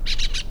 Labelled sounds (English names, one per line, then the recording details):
Brown-throated Parakeet contact call
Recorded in La Tortuga
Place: Isla La Tortuga
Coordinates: 10.925, -65.258